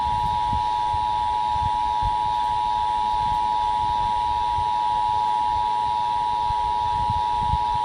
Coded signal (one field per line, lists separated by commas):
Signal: Emergency Alert System (SAME) tones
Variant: 853 and 960 Hz attention tone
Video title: STARTING IT OFF RIGHT... EAS Alerts from 6/1/18 (EAS #1,186 - 1,209)